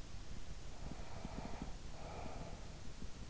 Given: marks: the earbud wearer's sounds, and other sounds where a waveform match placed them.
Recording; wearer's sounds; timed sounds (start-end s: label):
sounds in sleep by an in-ear microphone; breath
0.56-3.17 s: breath